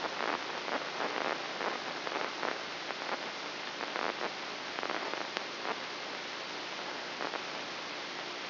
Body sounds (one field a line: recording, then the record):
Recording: brain microelectrode recording played as sound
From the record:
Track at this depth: outside the subthalamic nucleus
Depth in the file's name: 7.504 mm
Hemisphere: left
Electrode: 3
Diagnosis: Parkinson's disease